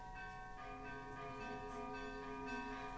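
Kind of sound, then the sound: signal or alarm, church bells ringing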